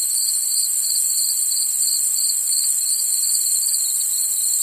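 Cricket: insect chirping in a shrill, pulsing trill with a constant high ringing band above, unbroken for the whole stretch.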